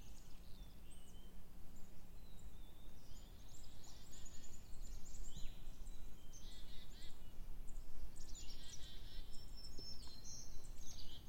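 Drifting on a river in a kayak, with a soft, steady low wash of water and air underneath. Many birds chirp and trill close together throughout, some bright and high, while a faint low hum fades out after the first few seconds.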